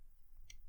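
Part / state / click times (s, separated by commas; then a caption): atomizer top cap onto the RDA deck / seated / 0.5 s. The top cap and airflow sleeve of a Univapo Symba rebuildable dripping atomizer (RDA), set for honeycomb airflow, is pushed straight down onto the deck and turned. A single sharp, bright click sounds at 0.5 s over a quiet background as the cap seats into place.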